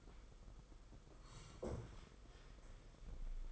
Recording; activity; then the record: daily activity, microphone in the room; sit down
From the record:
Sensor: 5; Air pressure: 990.6 hPa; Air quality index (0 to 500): 150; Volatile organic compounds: 161 ppm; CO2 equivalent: 4070 ppm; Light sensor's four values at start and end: 46/138/53/57 and 46/139/53/57